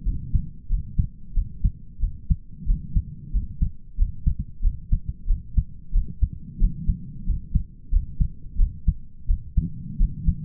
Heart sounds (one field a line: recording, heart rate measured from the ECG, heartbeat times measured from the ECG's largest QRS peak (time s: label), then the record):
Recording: heart sounds by stethoscope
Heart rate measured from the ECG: 91 bpm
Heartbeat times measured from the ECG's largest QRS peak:
0.06 s: heartbeat
0.71 s: heartbeat
1.36 s: heartbeat
2.02 s: heartbeat
2.68 s: heartbeat
3.34 s: heartbeat
3.99 s: heartbeat
4.64 s: heartbeat
5.29 s: heartbeat
5.94 s: heartbeat
6.61 s: heartbeat
7.27 s: heartbeat
7.93 s: heartbeat
8.59 s: heartbeat
9.29 s: heartbeat
9.99 s: heartbeat
From the record:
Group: healthy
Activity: rest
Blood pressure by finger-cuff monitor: 116/54 mmHg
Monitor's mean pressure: 73 mmHg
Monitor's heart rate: 91 bpm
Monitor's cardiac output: 10.2 L/min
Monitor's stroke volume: 111 mL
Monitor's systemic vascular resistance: 510 dyn s/cm5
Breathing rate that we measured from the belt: 18 breaths a minute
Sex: male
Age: 22 years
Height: 181 cm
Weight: 79 kg